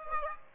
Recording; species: mosquito wingbeat signal from an infrared sensor; Aedes aegypti